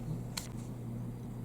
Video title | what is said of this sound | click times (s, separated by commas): Nooie PET CAMERA Security WiFi IR Night Vision 2 Way Audio EXCELLENT CAMERA REVIEW | put the contacts facing down push it in make sure it you hear a little snap pop and then you're ready to record | 0.4 s